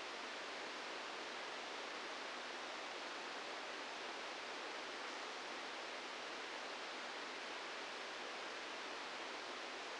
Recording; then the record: brain microelectrode recording played as sound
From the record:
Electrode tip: outside the subthalamic nucleus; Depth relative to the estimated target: 2 mm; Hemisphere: left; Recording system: NeuroSet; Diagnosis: Parkinson's disease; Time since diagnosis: 15 years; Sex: female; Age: 59 years